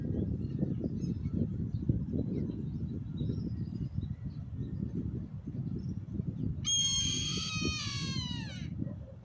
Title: The Harris Eagle's Song. El Canto del Águila de Harris